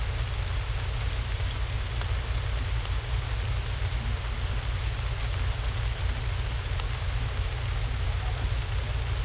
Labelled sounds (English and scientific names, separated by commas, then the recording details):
none
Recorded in secondary vegetation near Puerto Asís, Putumayo, Colombia, on 20 December 2024 at 15:00
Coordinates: 0.468, -76.324
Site G095